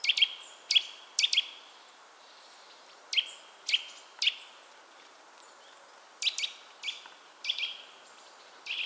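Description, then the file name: Eurasian nuthatch giving loud, clipped high notes in loose groups, separated by longer pauses, over soft background hiss. "Sitta europaea"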